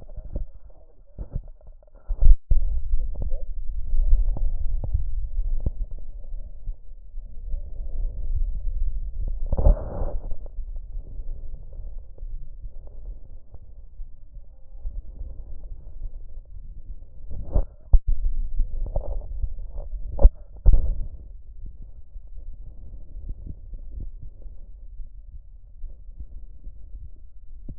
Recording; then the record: lung sounds by stethoscope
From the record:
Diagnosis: emphysema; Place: left posterior upper chest